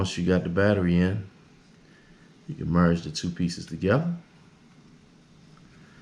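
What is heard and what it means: Someone talks while handling the plastic key fob case halves of a Hyundai Santa Fe, with the coin battery already installed, just before the two halves are pressed together. Speech fills the first second and again from about 2.5 to 4.2 s, with low background noise in between and after. Nothing has seated or snapped closed yet.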